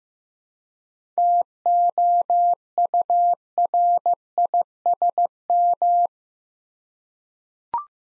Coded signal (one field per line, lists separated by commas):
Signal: Morse code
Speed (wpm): 15 wpm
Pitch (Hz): 700 Hz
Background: none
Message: TOURISM